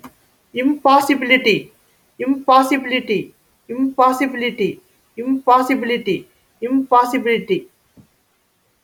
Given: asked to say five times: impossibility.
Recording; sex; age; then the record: repeated word; female; 40 to 49 years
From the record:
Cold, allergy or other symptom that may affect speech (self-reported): no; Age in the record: 42 years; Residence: Indiana, United States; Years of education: 16